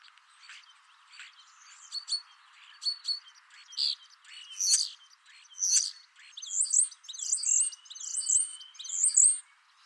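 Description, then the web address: Common starling song: a jumble of short clicking bursts and brief notes, growing into louder, buzzy high chatter with a thin drawn-out whistle near the end. "Deverinetal 2025. Bird Only"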